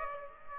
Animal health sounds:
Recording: mosquito wingbeat signal from an infrared sensor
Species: Aedes aegypti

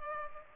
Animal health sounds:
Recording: mosquito wingbeat signal from an infrared sensor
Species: Culex pipiens

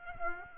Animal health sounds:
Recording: mosquito wingbeat signal from an infrared sensor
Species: Aedes aegypti

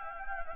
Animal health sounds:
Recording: mosquito wingbeat signal from an infrared sensor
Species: Anopheles gambiae

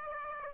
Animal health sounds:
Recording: mosquito wingbeat signal from an infrared sensor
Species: Aedes aegypti

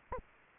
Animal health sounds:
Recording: mosquito wingbeat signal from an infrared sensor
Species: Anopheles arabiensis

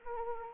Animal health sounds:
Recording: mosquito wingbeat signal from an infrared sensor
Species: Anopheles arabiensis

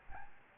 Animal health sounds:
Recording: mosquito wingbeat signal from an infrared sensor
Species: Aedes albopictus

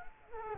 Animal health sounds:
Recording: mosquito wingbeat signal from an infrared sensor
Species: Culex quinquefasciatus

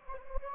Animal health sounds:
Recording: mosquito wingbeat signal from an infrared sensor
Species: Anopheles gambiae

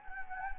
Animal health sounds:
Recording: mosquito wingbeat signal from an infrared sensor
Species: Anopheles gambiae

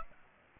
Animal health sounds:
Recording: mosquito wingbeat signal from an infrared sensor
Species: Aedes aegypti

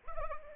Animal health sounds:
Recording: mosquito wingbeat signal from an infrared sensor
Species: Anopheles arabiensis

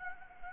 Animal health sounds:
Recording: mosquito wingbeat signal from an infrared sensor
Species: Anopheles gambiae

